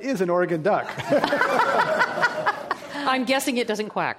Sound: laughter

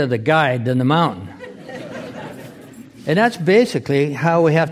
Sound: laughter

